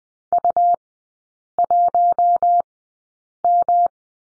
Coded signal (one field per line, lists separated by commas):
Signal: Morse code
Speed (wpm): 20 wpm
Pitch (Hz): 700 Hz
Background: none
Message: U1M